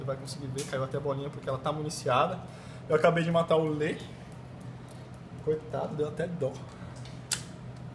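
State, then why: Seated. Someone talks while a loaded shell magazine is pushed into a Tokyo Marui 12-gauge gas airsoft shotgun until it closes. A sharp click at 7.3 s marks the magazine seating shut.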